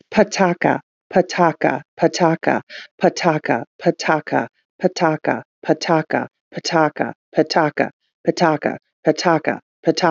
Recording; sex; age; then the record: repeated syllables /pa ta ka/; female; 40 to 49 years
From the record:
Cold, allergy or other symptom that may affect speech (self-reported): no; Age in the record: 41 years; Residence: Illinois, United States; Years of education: 12